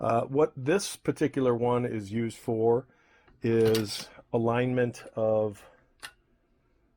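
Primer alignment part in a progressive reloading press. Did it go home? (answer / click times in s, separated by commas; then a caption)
yes / 6.0 s. Someone talks while working the primer alignment part of an RCBS Green Machine progressive reloading press. A single short click is heard at 6.1 seconds as the part clicks into place and is seated.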